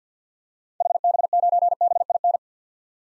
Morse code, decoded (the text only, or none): HB9BIN